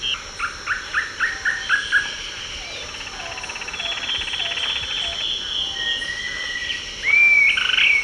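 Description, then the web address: Dusky-tailed flatbill whistle: faint short notes early, then a loud clear upslurred whistle near the end over a constant buzzing insect chorus. Recorded in Ecuador. "Birds of Ecuador 3. Dusky-Tailed Flatbill"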